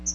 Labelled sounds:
Magnolia Warbler flight call

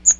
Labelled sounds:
Chestnut-sided Warbler flight call

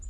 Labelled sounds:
Townsend's Warbler flight call

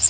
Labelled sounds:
Magnolia Warbler flight call

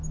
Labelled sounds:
Black-throated Gray Warbler flight call

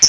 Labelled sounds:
Hooded Warbler flight call

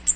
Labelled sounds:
Cape May Warbler flight call

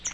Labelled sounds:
Pine Warbler flight call

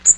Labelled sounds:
Magnolia Warbler flight call

